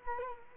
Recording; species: mosquito wingbeat signal from an infrared sensor; Culex quinquefasciatus